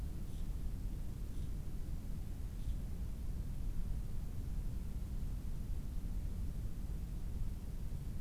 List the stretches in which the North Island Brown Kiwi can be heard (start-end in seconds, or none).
none